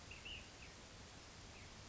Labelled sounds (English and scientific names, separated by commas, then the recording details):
Ash-throated Flycatcher (Myiarchus cinerascens)
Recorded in Sonoma County, California